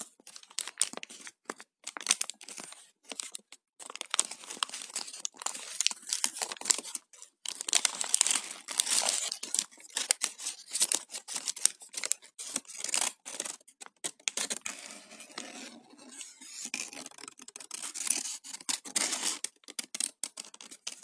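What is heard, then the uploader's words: Paper being handled for about twenty seconds, with dense, irregular crinkling and rustling that never settles into a pattern. The bursts are bright and crisp, broken by brief silences, and around the middle there are a few louder crumpling and tearing moments. ASMR - Paper sounds.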